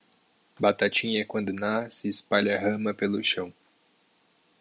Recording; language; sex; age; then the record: short text; Brazilian Portuguese; male; 20 to 29 years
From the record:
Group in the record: control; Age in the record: 21 years